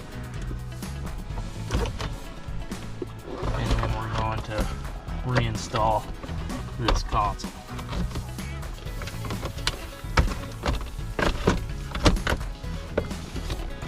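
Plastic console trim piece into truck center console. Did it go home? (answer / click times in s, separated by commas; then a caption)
yes / 9.7 s, 10.2 s. A plastic console trim piece is pressed back into the center console of a 2017-2022 Ford Super Duty truck while reinstalling it during a MagSafe iPhone charger console tray replacement, with someone talking over background music. Two sharp snaps are heard at 9.7 s and 10.2 s as the trim piece seats into place.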